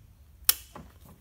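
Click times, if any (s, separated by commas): 0.5 s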